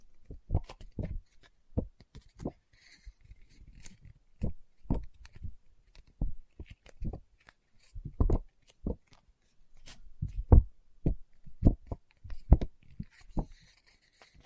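Fingers tap on a book in an uneven, fairly quick rhythm, each knock short and dull with a soft thump underneath. The taps come in small bursts about every half second, with light scratchy rustles and brushing between them.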